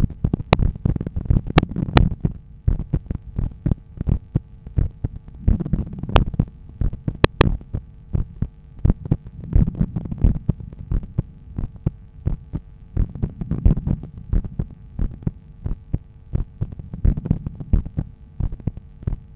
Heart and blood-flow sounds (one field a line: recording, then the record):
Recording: heart sounds by stethoscope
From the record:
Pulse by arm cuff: 85 bpm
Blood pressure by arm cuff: 123/72 mmHg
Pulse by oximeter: 87 bpm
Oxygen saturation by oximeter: 98%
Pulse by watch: 91 bpm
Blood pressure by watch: 113/75 mmHg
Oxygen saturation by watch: 97%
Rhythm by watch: sinus rhythm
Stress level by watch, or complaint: light headache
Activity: after coffee and smoking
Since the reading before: plus 450 steps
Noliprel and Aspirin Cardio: after pills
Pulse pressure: 51 mmHg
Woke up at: 6:50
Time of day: 11:10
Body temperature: 36.6 C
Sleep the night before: 8 h 16 min, score 66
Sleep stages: REM 20%, light 64%, deep 6%, awake 10%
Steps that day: 6850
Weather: light rain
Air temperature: 18.4 C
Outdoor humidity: 90%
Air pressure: 1007 hPa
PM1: 2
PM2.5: 5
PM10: 7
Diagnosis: hypertension, treated with Noliprel and Aspirin Cardio 100 mg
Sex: male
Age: 53 years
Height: 174 cm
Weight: 81 kg